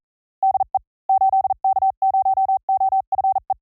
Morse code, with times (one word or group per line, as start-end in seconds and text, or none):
0.4-0.8 DE
1.1-3.5 8K0OFE